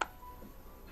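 A flight battery is pushed into the battery bay of a Wingsland S6 drone and seats with a single sharp click at 0.0 s. After the click there is only a low, quiet background hum.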